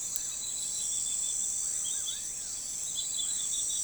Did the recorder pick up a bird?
no